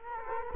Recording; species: mosquito wingbeat signal from an infrared sensor; Culex quinquefasciatus